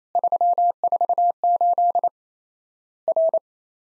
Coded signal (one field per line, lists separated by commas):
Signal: Morse code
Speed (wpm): 27 wpm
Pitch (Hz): 700 Hz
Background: none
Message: 348 R